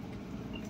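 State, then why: Not seated. A plastic part of a LuvLap Royal baby high chair is forced into its frame socket, and no click or pop is heard, only a low steady hum with a brief faint tick near 0.6 s. Nothing has seated or clicked yet, and the failure is put down to a cracked piece.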